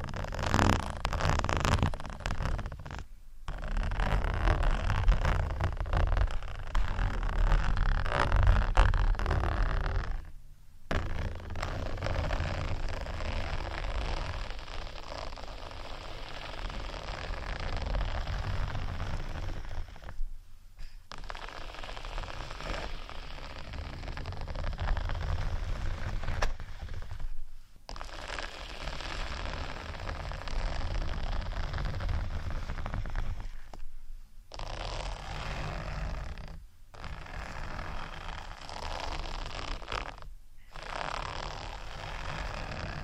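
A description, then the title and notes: Continuous rough scratching on textured sheets, dense and grainy, louder in the first ten seconds, broken by brief silent pauses every several seconds. ASMR Scratching Textured Sheets Over Felix（No Talking）.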